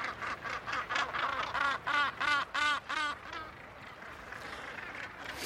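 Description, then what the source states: Northern Gannet calls: a rapid run of harsh, rasping notes, then quieter background noise. Colony at Troup Head, Banffshire, the only mainland gannet colony in Scotland; several birds sitting close by; young hatching at this time of year.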